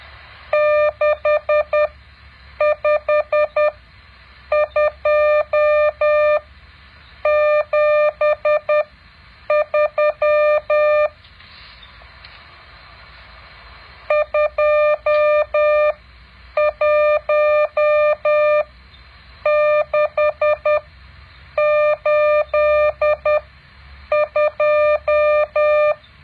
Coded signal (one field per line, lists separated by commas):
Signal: Morse code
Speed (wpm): 10 wpm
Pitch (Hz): 600 Hz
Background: none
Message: 65273 21682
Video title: แบบฝึกหัด Morse code 9.7